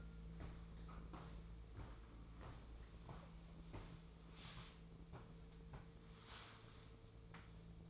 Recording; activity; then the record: daily activity, microphone in the room; walk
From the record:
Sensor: 1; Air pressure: 1005.5 hPa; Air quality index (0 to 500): 125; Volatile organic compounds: 5 ppm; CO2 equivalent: 1748 ppm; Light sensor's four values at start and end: 11/27/11/12 and 10/26/10/11